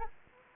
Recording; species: mosquito wingbeat signal from an infrared sensor; Anopheles arabiensis